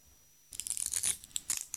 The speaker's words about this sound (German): Und dann hörte La Violette das entsetzliche Geräusch von Glas, das zerbissen wurde.